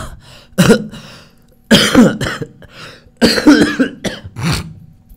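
Someone coughs repeatedly from cold air conditioning, in harsh, raspy bursts, about four or five fits spread over a few seconds, some doubled up, with rough throat-clearing between them and no talking.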